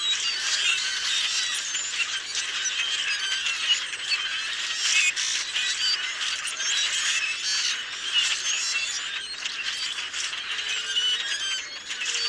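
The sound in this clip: Common grackle flock giving an endless jumble of squeaky whistles, creaks and rattles from many birds overlapping.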